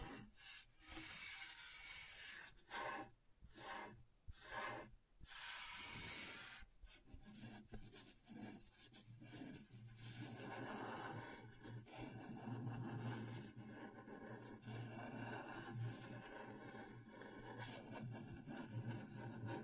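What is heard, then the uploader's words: Scratching on a scratchboard, opening with a handful of bright, hissing strokes separated by short silences during the first six seconds. After that the scratching turns continuous and duller, a steady rasping rub with a low hum underneath until the end. ASMR Brain Tingling Scratchboard (No Talking).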